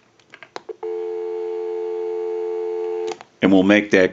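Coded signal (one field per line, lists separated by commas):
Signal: telephone call progress tone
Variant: North America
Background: speech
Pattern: dial tone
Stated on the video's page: Call progress tone on a Western Electric wood wall telephone during initial checkout and repair.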